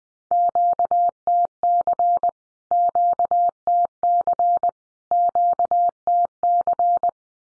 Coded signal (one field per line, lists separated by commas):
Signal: Morse code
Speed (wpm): 20 wpm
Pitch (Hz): 700 Hz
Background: none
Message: QTC QTC QTC